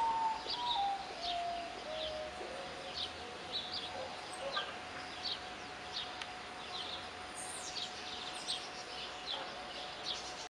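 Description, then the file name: Potoo song: a short series of soft whistled notes that step downward at the start. Other birds chirp high, with a constant steady tone and a noisy background. "nyctibius"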